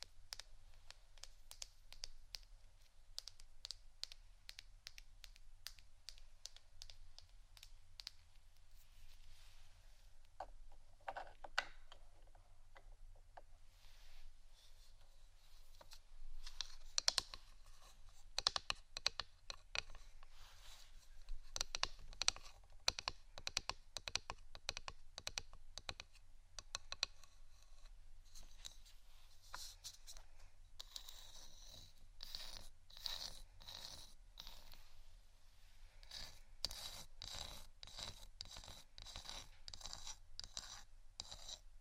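Wooden items are tapped and scratched in quick, irregular bursts of dry clicks, thickening into dense clusters midway and near the end, over a low hum.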